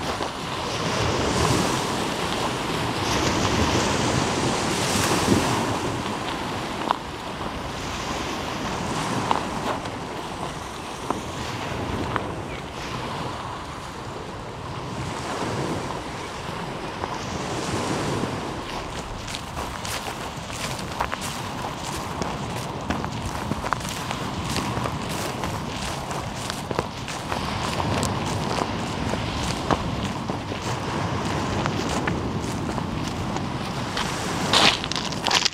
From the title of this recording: Waves and bird life: Ambience from a walk along Omø coastline